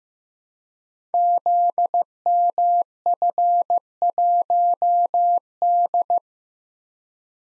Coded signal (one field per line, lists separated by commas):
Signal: Morse code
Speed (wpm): 15 wpm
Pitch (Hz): 700 Hz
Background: none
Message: ZMF1D